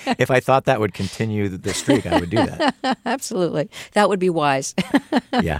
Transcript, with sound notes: Although, if I thought that would continue this streak, I would do that.
(LAUGHTER)
Absolutely. That would be wise.
Yeah.